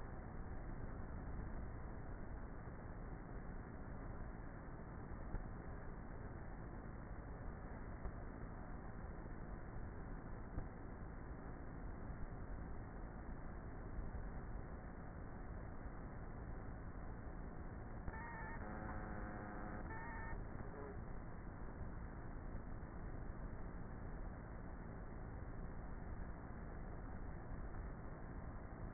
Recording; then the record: honeybee colony, microphone inside the hive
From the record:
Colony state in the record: queenless with a low population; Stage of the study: before two queens were removed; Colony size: about 30,000 bees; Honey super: no